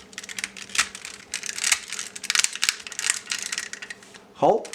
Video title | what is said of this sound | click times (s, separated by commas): 简单变形还暗藏玄机！变形金刚FT大力神清扫机玩具开箱 | 完全锁定起来的话，后边的黑色板件和紫色板件这里是平行的，这就锁住了，套到位。 | 2.7 s